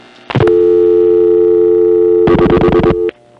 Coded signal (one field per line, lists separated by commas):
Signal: telephone call progress tone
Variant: North America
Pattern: dial tone